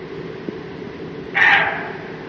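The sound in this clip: Roe deer giving a single short, harsh, hoarse bark, with a steady low hum underneath throughout.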